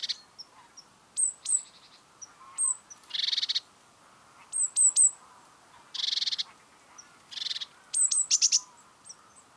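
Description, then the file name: Great tit calls: harsh, buzzy churring bursts alternating with sharp, high downward-slurred notes, given in irregular bouts. "Parus major"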